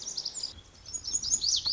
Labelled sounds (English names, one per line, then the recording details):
Lazuli Bunting
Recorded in Sonoma County, California